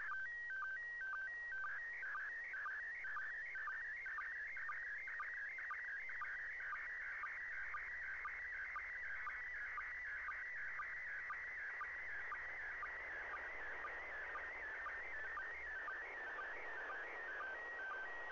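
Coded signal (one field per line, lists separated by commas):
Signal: SSTV (slow-scan television)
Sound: warbling tone jumping between pitches, with regular short low chirps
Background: radio static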